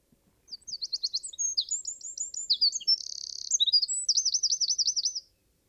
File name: Troglodytes troglodytes